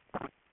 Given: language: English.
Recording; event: throat vibration sensor signal played as sound; swallow